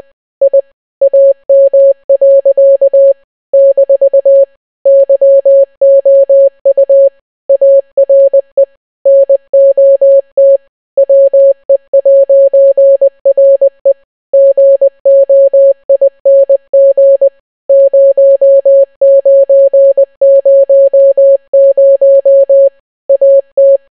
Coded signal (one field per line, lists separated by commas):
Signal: Morse code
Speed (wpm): 20 wpm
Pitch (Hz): 550 Hz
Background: none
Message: I AM. - YOU ARE NOT WE'RE GOING 0900 AT